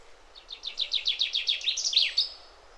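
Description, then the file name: Common chaffinch song, a cascade of rapid descending chirps that builds louder and closes with a quick flourish. "Fringilla coelebs"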